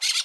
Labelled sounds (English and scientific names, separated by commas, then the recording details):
Brown-throated Parakeet (Eupsittula pertinax) contact call
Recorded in Curacao
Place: N of oil terminal (Bullenbaai)
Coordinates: 12.200, -69.020